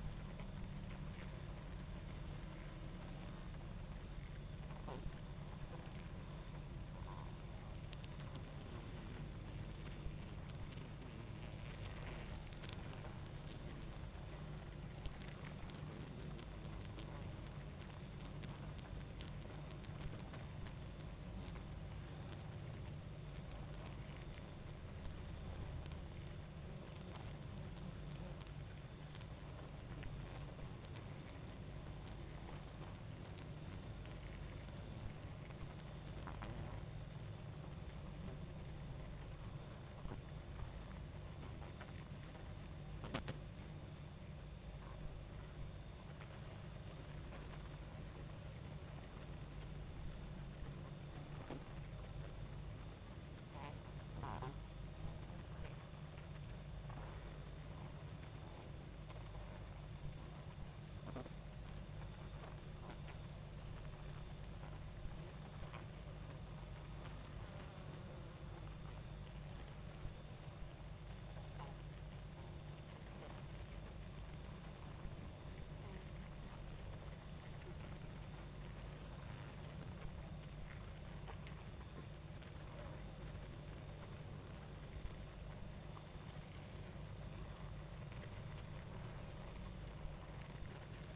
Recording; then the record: honeybee colony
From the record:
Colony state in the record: active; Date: 28 July 2017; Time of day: 21:31